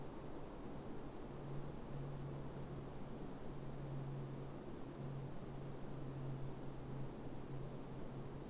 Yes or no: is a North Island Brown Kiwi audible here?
no